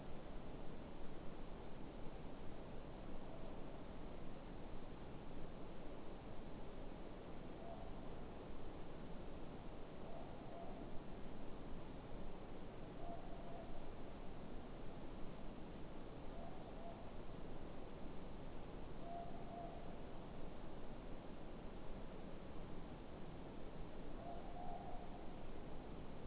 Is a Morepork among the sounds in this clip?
yes